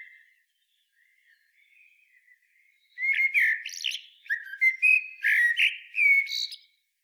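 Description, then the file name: Eurasian blackbird song: near silence at first, then a flowing run of fluty, warbled notes broken by higher squeaky twitters. "Turdus merula"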